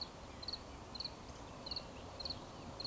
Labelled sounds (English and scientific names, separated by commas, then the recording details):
Eurasian Woodcock (Scolopax rusticola) whistle
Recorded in Baden-Württemberg, Germany, on 11 June 2020 at 19:51 UTC
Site 24578, 122 m above sea level